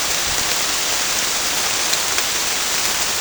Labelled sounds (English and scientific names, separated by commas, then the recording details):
none
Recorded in dense forest near Puerto Asís, Putumayo, Colombia, on 27 June 2025 at 07:30
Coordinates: 0.481, -76.323
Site G072